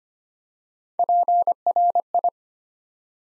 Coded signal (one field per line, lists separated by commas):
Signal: Morse code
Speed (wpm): 25 wpm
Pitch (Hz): 700 Hz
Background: none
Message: PRI